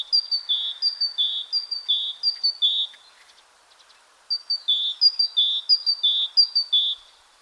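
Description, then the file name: Great tit song: bright two-note phrases repeated rapidly in a see-saw rhythm, one bout, a pause of about a second, then a second bout. "Parus major song"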